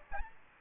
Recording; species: mosquito wingbeat signal from an infrared sensor; Aedes albopictus